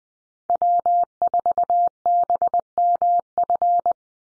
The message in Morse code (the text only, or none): W4BMF